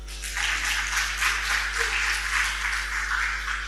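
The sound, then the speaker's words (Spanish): Audience applause: a dense, steady patter of many hands clapping for several seconds at an even, moderate loudness, with a low electrical hum running beneath it and no talking. “Muchachos, un aplauso para...”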